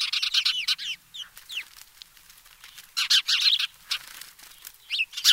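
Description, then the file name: House sparrow chirping, lively bursts of bright notes at the start and again past the middle, with a few lone chirps between. "Passer domesticus"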